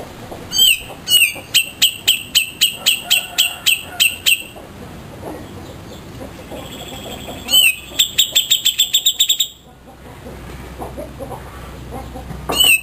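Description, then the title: Grey-cheeked bulbul song: a few bursts of rapid, sharply repeated high notes, with hissy pauses between them. Song used to train cage birds. "Cucak Jenggot Masteran Durasi Panjang"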